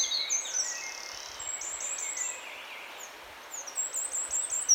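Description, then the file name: Eurasian wren song: thin, very high notes and short buzzy trills in bursts, quieter in the middle, over steady background hiss. "Troglodytes troglodytes"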